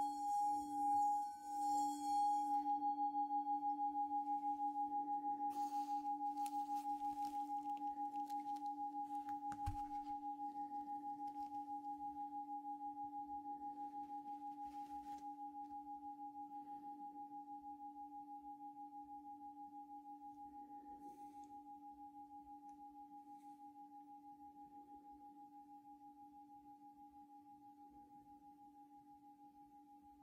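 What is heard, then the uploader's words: A Tibetan singing bowl is struck early on and rings out as a long, steady hum with a low tone and a clear higher tone, fading slowly over the whole half minute. Soft brushing and rustling strokes come and go underneath, with a sharper scrape near ten seconds. Focus Tibetan Singing Bowl and Ear Brushing. ASMR Sounds Binaural Triggers Relaxing caresses on your ears with different brushes, foam and burlap during the tinkling of a Tibetan Bowl. Without whispering.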